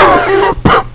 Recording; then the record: coughing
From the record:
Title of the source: Coughing 79